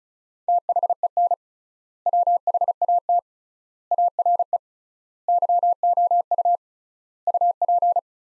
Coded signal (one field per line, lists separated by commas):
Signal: Morse code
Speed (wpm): 35 wpm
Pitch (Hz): 700 Hz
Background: none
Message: THEN WHAT ARE YOU UP